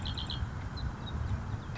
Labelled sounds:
Red-winged Blackbird
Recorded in Sonoma County, California

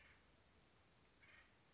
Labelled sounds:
Acorn Woodpecker
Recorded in Sonoma County, California

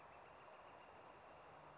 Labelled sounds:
Northern Flicker
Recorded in Sonoma County, California

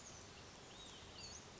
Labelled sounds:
Olive-sided Flycatcher
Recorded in Sonoma County, California

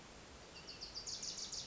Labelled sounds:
Wilson's Warbler
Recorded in Sonoma County, California

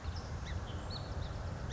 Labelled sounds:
Song Sparrow
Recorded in Sonoma County, California

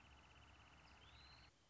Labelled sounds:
Wrentit
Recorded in Sonoma County, California

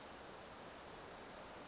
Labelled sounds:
Brown Creeper
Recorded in Sonoma County, California

